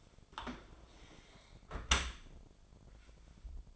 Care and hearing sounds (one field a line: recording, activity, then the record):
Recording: daily activity, microphone in the room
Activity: close dishwasher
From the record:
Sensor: 5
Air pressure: 1003.2 hPa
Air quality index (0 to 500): 129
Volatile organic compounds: 1 ppm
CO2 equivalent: 946 ppm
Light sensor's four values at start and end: 89/213/91/103 and 88/211/90/102